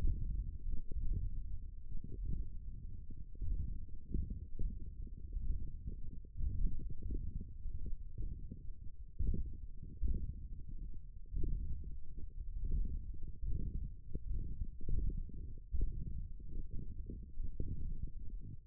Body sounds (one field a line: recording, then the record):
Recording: forearm muscle sounds (acoustic myography)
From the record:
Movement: index flexion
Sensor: system 1, eight BSWA MPA416 microphones around the upper forearm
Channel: 3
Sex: male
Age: 21 years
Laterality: right